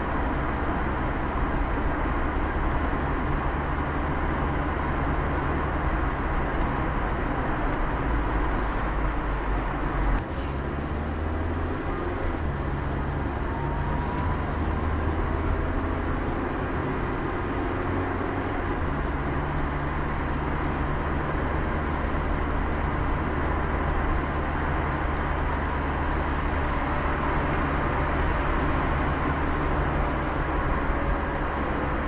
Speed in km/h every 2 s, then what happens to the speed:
55, 56, 56, 57, 57, 59, 60, 59, 57, 56, 56, 54, 55, 55, 56, 56.
0-32 steady at about 56.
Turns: none.